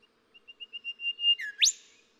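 Golden whistler song, a run of pure whistled notes on one pitch growing louder, then a drop and a sharp rising whip-crack finish.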